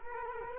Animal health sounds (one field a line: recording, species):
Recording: mosquito wingbeat signal from an infrared sensor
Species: Culex quinquefasciatus